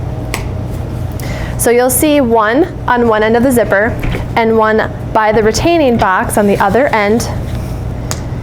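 A red plastic safety snap is wrapped around the fabric zipper pull of a Badger Basket Empress Round Baby Bassinet (83901, 83902, 83903 or 83904) liner, with the pull facing away from the zipper teeth, and pressed shut to keep the zipper from loosening or unzipping. A sharp snap at 0.3 s marks it seated securely, and then someone talks.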